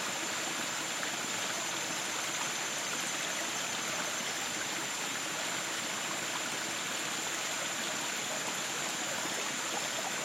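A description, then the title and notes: A creek flows steadily through the rainforest, a dense, even rush of water that holds constant for the full ten seconds with no pauses or surges. The sound is bright and hissy, lacking deep rumble, with a faint thin high tone running steadily underneath. Rainforest sounds - Calm creek in the jungle. A creek flowing in the rainforest.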